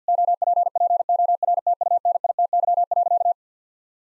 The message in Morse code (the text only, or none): OPPORTUNITY.